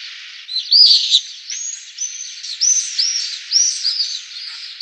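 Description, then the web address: Pallid swift giving shrill, arched screaming notes in quick succession over a steady hiss of background noise. "Schulze Peter Pallid Swift"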